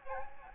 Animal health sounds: mosquito wingbeat signal from an infrared sensor; Aedes albopictus

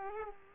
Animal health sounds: mosquito wingbeat signal from an infrared sensor; Aedes aegypti

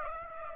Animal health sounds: mosquito wingbeat signal from an infrared sensor; Aedes aegypti

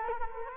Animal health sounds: mosquito wingbeat signal from an infrared sensor; Culex quinquefasciatus

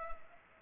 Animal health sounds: mosquito wingbeat signal from an infrared sensor; Culex pipiens

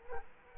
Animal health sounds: mosquito wingbeat signal from an infrared sensor; Culex quinquefasciatus

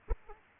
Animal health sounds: mosquito wingbeat signal from an infrared sensor; Aedes aegypti

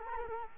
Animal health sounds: mosquito wingbeat signal from an infrared sensor; Culex quinquefasciatus

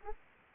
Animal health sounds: mosquito wingbeat signal from an infrared sensor; Anopheles arabiensis

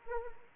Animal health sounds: mosquito wingbeat signal from an infrared sensor; Anopheles arabiensis

